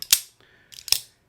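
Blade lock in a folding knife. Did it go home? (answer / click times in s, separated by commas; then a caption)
yes / 0.1 s, 0.9 s. A Demko AD20 MG folding knife is opened by hand, and its steel blade lock clicks into the locked position. Two sharp, bright metallic clicks land at 0.1 s and 0.9 s, with a faint high tone and small ticks in the quiet between them. The lock seats.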